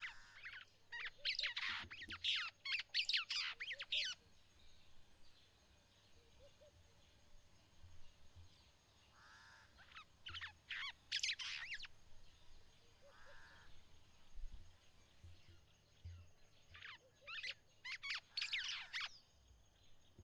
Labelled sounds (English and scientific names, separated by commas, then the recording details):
White-browed Sparrow-Weaver (Plocepasser mahali)
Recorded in northern Uganda